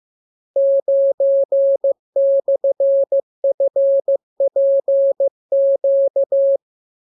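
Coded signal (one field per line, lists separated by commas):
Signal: Morse code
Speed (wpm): 15 wpm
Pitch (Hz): 550 Hz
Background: none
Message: 9/FPQ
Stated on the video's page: Morse lesson 34 of 42: radiogram practice opening with VVV and section sign, closing with AR, covering letters, numbers, punctuation and Q-codes.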